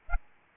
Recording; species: mosquito wingbeat signal from an infrared sensor; Aedes albopictus